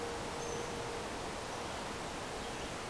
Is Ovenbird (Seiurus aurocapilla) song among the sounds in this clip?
no